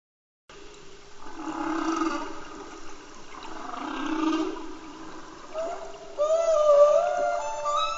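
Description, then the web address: Humpback whale song: two long, low groaning moans, then higher rising and wavering tonal cries near the end. Recorded in Antarctica. "Antarctia Bultrug Humpback Whale Song"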